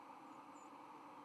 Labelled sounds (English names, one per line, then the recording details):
White-throated Sparrow flight call
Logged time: 03:17 on 31 October 2014